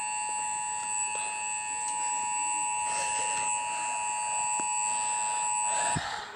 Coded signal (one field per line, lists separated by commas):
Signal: Emergency Alert System (SAME) tones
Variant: 853 and 960 Hz attention tone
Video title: The eas